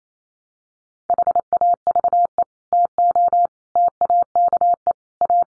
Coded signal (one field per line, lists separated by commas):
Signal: Morse code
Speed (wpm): 28 wpm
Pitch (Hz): 700 Hz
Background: none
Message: HAVE TO TAKE A